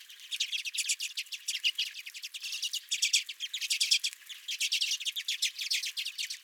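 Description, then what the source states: Redpoll calls, quick dry notes strung into rattling trills in an unbroken stream of chatter. Redpolls at the recordist's feeder.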